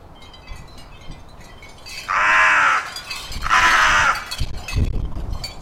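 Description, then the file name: Carrion crow uttering two rasping caws roughly a second and a half apart, with some low knocking and rustling sounds around them. "Corvus corone"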